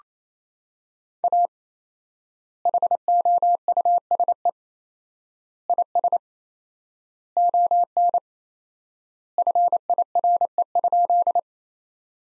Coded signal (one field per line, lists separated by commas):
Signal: Morse code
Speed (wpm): 27 wpm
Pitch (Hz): 700 Hz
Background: none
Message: A HOUSE IS ON FIRE?